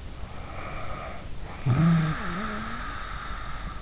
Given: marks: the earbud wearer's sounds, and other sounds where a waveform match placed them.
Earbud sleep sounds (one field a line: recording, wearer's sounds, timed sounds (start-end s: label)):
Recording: sounds in sleep by an in-ear microphone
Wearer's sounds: snoring breath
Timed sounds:
0.31-3.82 s: snoring breath